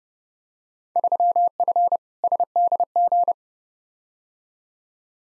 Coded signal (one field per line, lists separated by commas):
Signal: Morse code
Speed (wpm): 30 wpm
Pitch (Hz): 700 Hz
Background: none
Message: 3F SDG